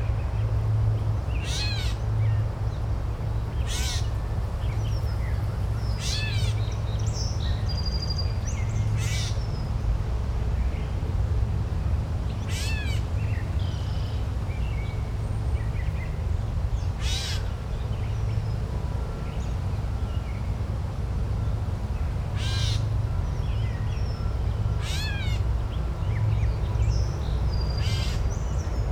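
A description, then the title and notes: A steady forest bed of low rumble and dense hiss runs unbroken through the whole recording. Over it, sharp bird calls ring out every few seconds, bright and fairly close, with a few thinner whistles further back. White Noise of the Forest.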